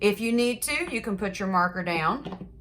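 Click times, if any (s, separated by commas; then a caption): none. A marker cap is being handled on a marker barrel, with the marker to be pressed against a table to snap the cap on, while someone talks throughout. No snap is heard, and nothing has seated or clicked yet.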